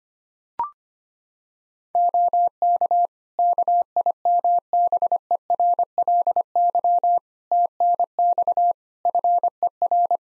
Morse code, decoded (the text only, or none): OK KIMBERLY TNX FER